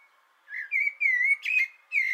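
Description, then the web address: Common blackbird with a brief, clear fluted phrase of sliding whistled notes and a short high twitter. Sung from an antenna, 6 June 2025. "sammel Naturinspelningar Koltrast på antennen 2025 06 06"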